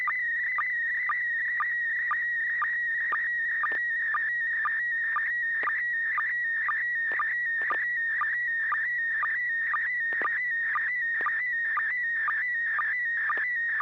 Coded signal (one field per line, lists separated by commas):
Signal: SSTV (slow-scan television)